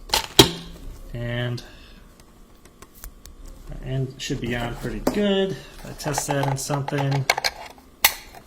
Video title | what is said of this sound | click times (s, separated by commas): Fixing the ends of ethernet cables | get a nice click, hopefully you can see that. | 8.1 s